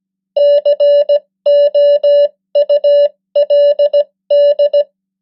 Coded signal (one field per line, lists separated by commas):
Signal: Morse code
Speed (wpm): 17 wpm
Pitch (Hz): 580 Hz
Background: none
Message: COULD